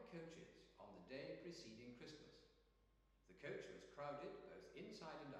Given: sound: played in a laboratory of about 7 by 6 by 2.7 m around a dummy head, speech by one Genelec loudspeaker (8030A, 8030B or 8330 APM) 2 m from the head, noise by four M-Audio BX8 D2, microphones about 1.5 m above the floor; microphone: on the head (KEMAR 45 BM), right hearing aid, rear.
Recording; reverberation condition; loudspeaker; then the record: male speech in English; high; 60 degrees to the right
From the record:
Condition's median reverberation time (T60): about 1300 ms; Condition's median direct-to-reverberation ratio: about -4.0 dB